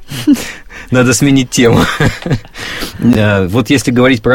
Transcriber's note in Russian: смеются